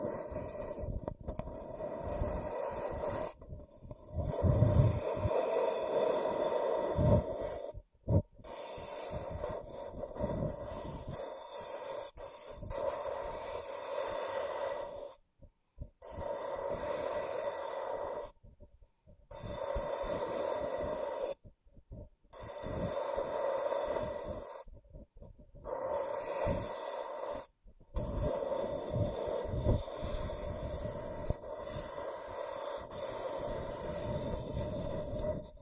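Scratching and tracing strokes run in bursts of a few seconds each, a rough, hissy rasp with a steady whining tone in the middle. The strokes stop abruptly for brief silences, roughly every three to five seconds, then resume at similar loudness.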